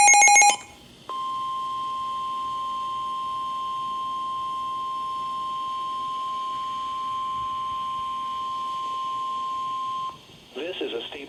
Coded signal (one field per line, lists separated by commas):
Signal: Emergency Alert System (SAME) tones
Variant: 1050 Hz attention tone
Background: speech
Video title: EAS doubleheader flood warnings.